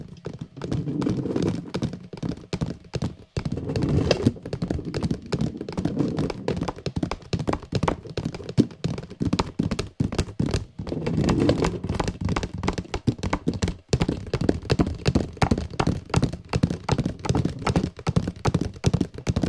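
Fingers tap quickly and steadily on a small vase and some boxes, producing dense runs of soft, hollow knocks. The taps come in rapid bursts with brief pauses near 3 and 14 seconds. Low, thudding body runs throughout, with a faint crisp tick on top.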